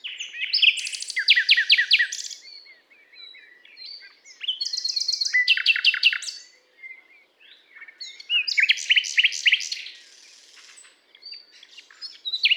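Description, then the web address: Common nightingale song in three loud phrases of fast repeated chirps and rattles, broken by short pauses with quieter warbling in between. "SETE data Luscinia megarhynchos"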